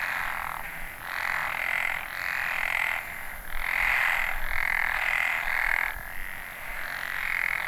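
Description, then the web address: Chorus of frogs giving rapid rattling croaks in loud surges separated by short lulls, over a continuous hiss. Recorded in northern Nanyo, Ehime Prefecture, Japan, on 29 May 2014. "e h i ehimekennanyohokubu tr 140529 kaeru"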